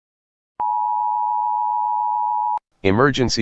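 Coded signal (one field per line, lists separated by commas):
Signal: Emergency Alert System (SAME) tones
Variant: 853 and 960 Hz attention tone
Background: speech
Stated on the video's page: Fictional SCP Foundation ZK-class scenario broadcast, not a real alert.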